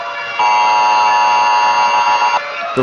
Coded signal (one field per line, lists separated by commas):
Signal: Emergency Alert System (SAME) tones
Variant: 853 and 960 Hz attention tone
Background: speech